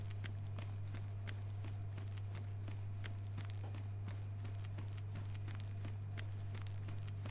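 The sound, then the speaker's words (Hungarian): Quick, evenly paced footsteps of someone running, sharp thuds and scuffs repeating steadily for several seconds over a constant low droning hum, with no one talking. “Na jó, nem tökölök itt, hanem keresztül futok rajta.”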